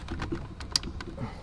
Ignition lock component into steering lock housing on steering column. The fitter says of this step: klickt einmal dann ist auch eingerastet